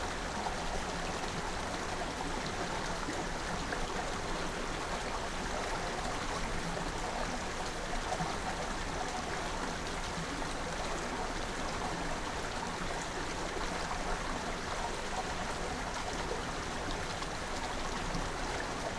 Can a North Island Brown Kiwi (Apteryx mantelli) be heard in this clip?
no